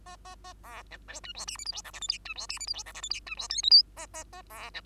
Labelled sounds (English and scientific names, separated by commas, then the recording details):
Bengalese Finch (Lonchura striata domestica) song
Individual Bird2